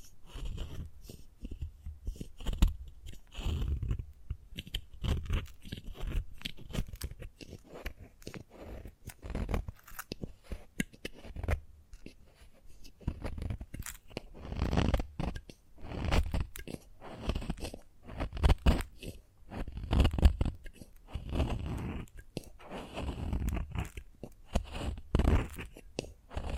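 Chalk being scratched, scraped and carved, with dense clusters of short gritty crunches and taps running throughout. Strokes come in irregular bursts, some sharp and bright, others duller and lower, with brief quiet gaps between flurries, busiest toward the middle and end.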